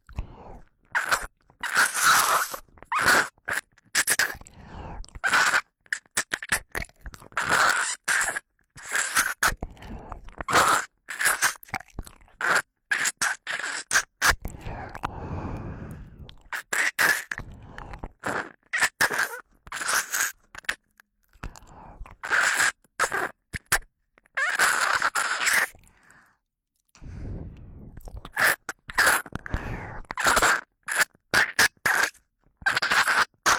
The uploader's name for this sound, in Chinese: 吸食你耳朵里的脏污